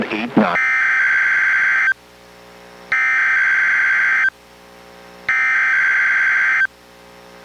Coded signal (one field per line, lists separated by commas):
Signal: Emergency Alert System (SAME) tones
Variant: header bursts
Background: speech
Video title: EAS #885: NWR Required Weekly Test- Nov. 1, 2023- 11:11AM PDT